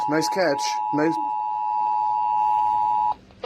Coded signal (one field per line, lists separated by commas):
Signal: Emergency Alert System (SAME) tones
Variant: 853 and 960 Hz attention tone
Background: speech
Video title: New Year New Station | EAS Tests From 1/4/2022 (EAS #1,219-1,224)